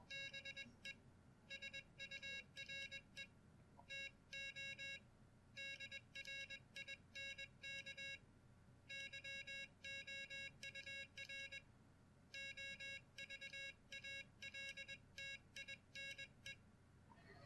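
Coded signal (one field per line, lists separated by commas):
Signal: Morse code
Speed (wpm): 21 wpm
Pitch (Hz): 2200 Hz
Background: none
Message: BE SURE TO DRINK YOUR OVALTINE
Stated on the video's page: CW practice with Iambic Master software and a WinKeyer USB external keyer.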